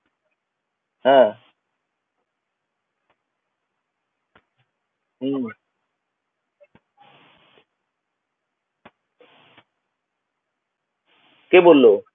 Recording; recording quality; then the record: shallow voluntary cough; poor, much background noise or distortion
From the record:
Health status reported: healthy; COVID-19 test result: not tested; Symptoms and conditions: none ticked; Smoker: not ticked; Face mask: worn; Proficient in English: yes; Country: India